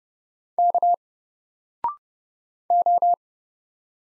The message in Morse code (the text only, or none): K O